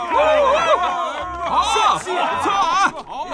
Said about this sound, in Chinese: 一到车库，仁义看到消防云梯伸出了一截，李萨正倒挂在云梯上，下面的战士们都在鼓掌起哄。